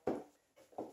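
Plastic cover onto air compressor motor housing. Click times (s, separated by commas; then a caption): 0.1 s, 0.8 s. A plastic cover/shroud is pushed back onto the motor housing of a Campbell-Hausfeld Husky air compressor after a motor swap. It snaps into place with two sharp pops at 0.1 s and 0.8 s, each with a short ringing tail. The cover is seated.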